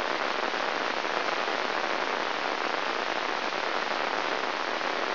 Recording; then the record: brain microelectrode recording played as sound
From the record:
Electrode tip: inside the subthalamic nucleus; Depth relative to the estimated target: 0.1 mm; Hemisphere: left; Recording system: AlphaMap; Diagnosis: Parkinson's disease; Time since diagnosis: 21 years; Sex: female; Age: 61 years